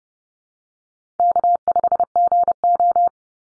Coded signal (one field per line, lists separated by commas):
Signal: Morse code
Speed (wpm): 30 wpm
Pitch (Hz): 700 Hz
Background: none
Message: K5GO